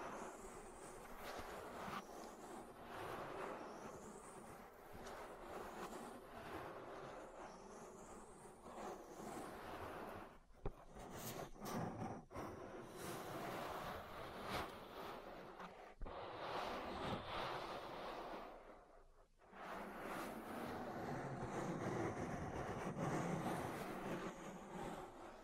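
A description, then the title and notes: Ear massage sounds with steady, dense rubbing and rustling that fills the whole clip. Brief squeaky swishes sweep upward through the first nine seconds, sharp clicks land around 10 and 16 seconds, and the rubbing briefly drops away near 19 seconds before resuming. ASMR Relaxing Ear Massage. (No Talking).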